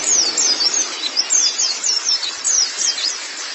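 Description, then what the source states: White-eye twittering song, quick high slurred chirps repeated in a lively, uneven stream through the short stretch. Pleci (white-eye) chirping song.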